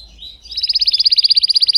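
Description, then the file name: Canary song: a soft lead-in followed by a quick, evenly repeated high trill that grows louder. Singing Belgian canary, red frosted colour variety. "canto do canario belga vermelho nevado"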